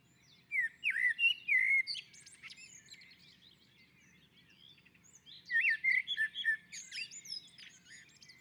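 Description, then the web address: Common blackbird sings a varied, mellow warbling phrase, falls quiet for several seconds, then resumes with another flute-like phrase and high chattering end. On a roof. "Naturinspelningar Koltrast på taket"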